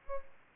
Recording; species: mosquito wingbeat signal from an infrared sensor; Aedes albopictus